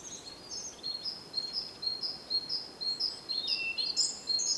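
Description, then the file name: European robin delivering a steady string of crisp, high notes roughly twice a second, with one lower sliding note near the end. "Erithacus rubecula"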